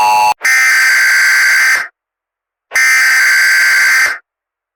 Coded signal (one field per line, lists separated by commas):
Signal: Emergency Alert System (SAME) tones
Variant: header bursts